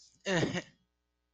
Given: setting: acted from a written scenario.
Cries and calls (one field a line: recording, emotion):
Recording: vocal sound without words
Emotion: embarrassment